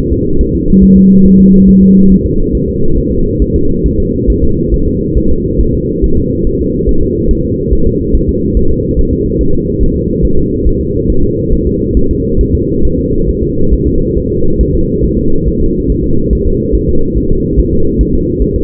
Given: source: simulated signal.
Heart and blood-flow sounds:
fetal heart sounds
0.12 s: S2
0.41 s: S1
0.55 s: S2
0.84 s: S1
0.97 s: S2
1.26 s: S1
1.40 s: S2
1.69 s: S1
1.83 s: S2
2.12 s: S1
2.26 s: S2
2.55 s: S1
2.69 s: S2
2.98 s: S1
3.12 s: S2
3.42 s: S1
3.56 s: S2
3.86 s: S1
4.00 s: S2
4.30 s: S1
4.44 s: S2
4.74 s: S1
4.88 s: S2
5.18 s: S1
5.31 s: S2
5.61 s: S1
5.75 s: S2
6.04 s: S1
6.18 s: S2
6.47 s: S1
6.61 s: S2
6.89 s: S1
7.03 s: S2
7.31 s: S1
7.45 s: S2
7.73 s: S1
7.87 s: S2
8.15 s: S1
8.29 s: S2
8.57 s: S1
8.71 s: S2
8.99 s: S1
9.13 s: S2
9.41 s: S1
9.55 s: S2
9.83 s: S1
9.97 s: S2
10.25 s: S1
10.39 s: S2
10.67 s: S1
10.81 s: S2
11.10 s: S1
11.24 s: S2
11.53 s: S1
11.67 s: S2
11.97 s: S1
12.11 s: S2
12.41 s: S1
12.55 s: S2
12.85 s: S1
12.99 s: S2
13.29 s: S1
13.43 s: S2
13.73 s: S1
13.87 s: S2
14.17 s: S1
14.31 s: S2
14.61 s: S1
14.75 s: S2
15.05 s: S1
15.18 s: S2
15.47 s: S1
15.61 s: S2
15.90 s: S1
16.04 s: S2
16.33 s: S1
16.47 s: S2
16.75 s: S1
16.89 s: S2
17.18 s: S1
17.31 s: S2
17.59 s: S1
17.73 s: S2
18.01 s: S1
18.15 s: S2
18.42 s: S1
18.56 s: S2
From the record:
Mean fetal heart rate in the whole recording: 140 bpm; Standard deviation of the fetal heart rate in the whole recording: 2 bpm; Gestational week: 34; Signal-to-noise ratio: -17.7 dB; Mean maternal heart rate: 72 bpm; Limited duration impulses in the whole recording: present

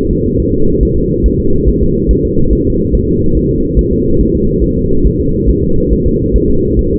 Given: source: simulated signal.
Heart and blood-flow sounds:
fetal heart sounds
0.11 s: S2
0.40 s: S1
0.54 s: S2
0.83 s: S1
0.97 s: S2
1.26 s: S1
1.40 s: S2
1.69 s: S1
1.83 s: S2
2.11 s: S1
2.25 s: S2
2.53 s: S1
2.67 s: S2
2.95 s: S1
3.09 s: S2
3.37 s: S1
3.51 s: S2
3.79 s: S1
3.93 s: S2
4.21 s: S1
4.35 s: S2
4.64 s: S1
4.78 s: S2
5.06 s: S1
5.20 s: S2
5.50 s: S1
5.64 s: S2
5.92 s: S1
6.06 s: S2
6.36 s: S1
6.50 s: S2
6.79 s: S1
6.93 s: S2
From the record:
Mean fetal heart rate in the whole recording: 140 bpm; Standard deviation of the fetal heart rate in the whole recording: 2 bpm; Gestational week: 34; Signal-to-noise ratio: -16.4 dB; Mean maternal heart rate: 72 bpm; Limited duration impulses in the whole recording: present

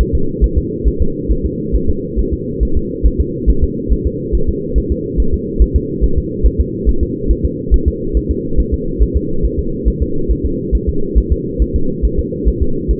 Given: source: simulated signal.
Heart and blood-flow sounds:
fetal heart sounds
0.01 s: S1
0.15 s: S2
0.44 s: S1
0.58 s: S2
0.88 s: S1
1.02 s: S2
1.31 s: S1
1.45 s: S2
1.75 s: S1
1.89 s: S2
2.19 s: S1
2.33 s: S2
2.63 s: S1
2.77 s: S2
3.06 s: S1
3.20 s: S2
3.49 s: S1
3.64 s: S2
3.92 s: S1
4.06 s: S2
4.35 s: S1
4.49 s: S2
4.78 s: S1
4.92 s: S2
5.20 s: S1
5.34 s: S2
5.62 s: S1
5.76 s: S2
6.04 s: S1
6.18 s: S2
6.46 s: S1
6.60 s: S2
6.89 s: S1
7.03 s: S2
7.31 s: S1
7.45 s: S2
7.74 s: S1
7.88 s: S2
8.17 s: S1
8.31 s: S2
8.60 s: S1
8.74 s: S2
9.02 s: S1
9.17 s: S2
9.45 s: S1
9.59 s: S2
9.88 s: S1
10.02 s: S2
10.31 s: S1
10.45 s: S2
10.75 s: S1
10.89 s: S2
11.18 s: S1
11.32 s: S2
11.62 s: S1
11.76 s: S2
12.05 s: S1
12.19 s: S2
12.48 s: S1
12.62 s: S2
12.91 s: S1
From the record:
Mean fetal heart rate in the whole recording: 140 bpm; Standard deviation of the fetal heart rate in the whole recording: 2 bpm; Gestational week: 34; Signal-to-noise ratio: -8.1 dB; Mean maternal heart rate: 72 bpm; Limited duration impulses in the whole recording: absent

